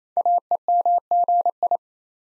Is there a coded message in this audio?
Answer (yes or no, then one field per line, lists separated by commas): yes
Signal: Morse code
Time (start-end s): 0.2-1.8 s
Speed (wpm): 29 wpm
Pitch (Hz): 700 Hz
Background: none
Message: AEMGI